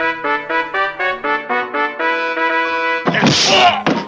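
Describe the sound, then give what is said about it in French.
A brassy fanfare plays a run of short repeated notes, then gives way to a loud, harsh slap effect that bursts out noisily and rings for almost a second. “Allez les héros d'armes, annoncez la gifle d'or.”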